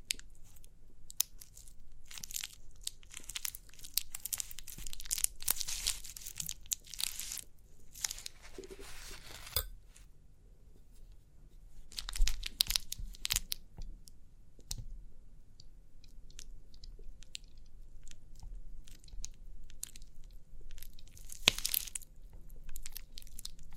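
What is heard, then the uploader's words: Crinkly pimple popping sounds: bursts of bright crackling and crinkling come in dense clusters, busiest in the first ten seconds, again around twelve to fifteen seconds, and near twenty-two seconds. Between bursts, quieter scattered ticks sit over a soft low hum. Crinkly Pimple Popping.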